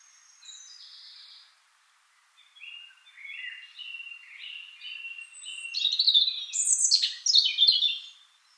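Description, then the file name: European robin song building from soft thin whistles to a loud flourish of very high, sharply sweeping and trilled notes. "Erithacus rubecula"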